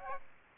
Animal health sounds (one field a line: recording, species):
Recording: mosquito wingbeat signal from an infrared sensor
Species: Aedes aegypti